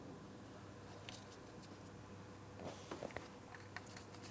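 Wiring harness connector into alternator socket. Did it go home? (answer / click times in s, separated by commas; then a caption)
no / none. A plastic wiring harness connector is lined up and handled at the alternator socket on a new alternator for a 2004-2008 Pontiac Grand Prix 3.8L V8. Brief sharp ticks and light rustling at about 1.1, 2.9, 3.2 and 3.8 seconds sit over a steady low hum. The connector has not clicked or seated yet.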